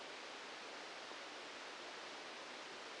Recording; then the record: brain microelectrode recording played as sound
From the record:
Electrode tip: outside the subthalamic nucleus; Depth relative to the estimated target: 5 mm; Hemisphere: left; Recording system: NeuroSet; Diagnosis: Parkinson's disease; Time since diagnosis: 14 years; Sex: male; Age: 51 years